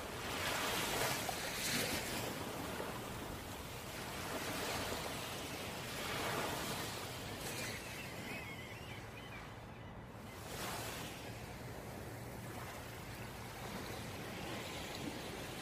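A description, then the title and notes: Ocean waves wash in a steady, dense roar, swelling brighter near two, six and ten seconds, with a low rumble underneath throughout. Ocean waves ambience. Water lapping.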